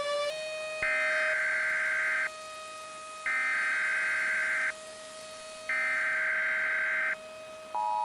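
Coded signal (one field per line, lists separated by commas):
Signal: Emergency Alert System (SAME) tones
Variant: header bursts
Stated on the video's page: Fake EAS scenario alert tones.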